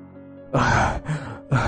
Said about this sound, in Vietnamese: Thầy Sáu mồ hôi nhễ nhại, ngồi bịch xuống đất mà thở hổn hển.